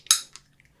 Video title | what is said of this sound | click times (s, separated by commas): DJI Osmo Action Camera Detailed Close-up Unboxing in 4K! Sample Video & Audio, How-to Guide and more | And it snaps back in place when it's locked. | 0.1 s